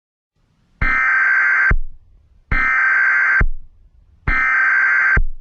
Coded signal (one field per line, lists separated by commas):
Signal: Emergency Alert System (SAME) tones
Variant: header bursts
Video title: Domestic Corruption - An EAS Mock